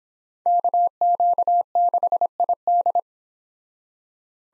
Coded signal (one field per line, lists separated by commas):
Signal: Morse code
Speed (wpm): 31 wpm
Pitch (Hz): 700 Hz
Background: none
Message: KQ6ID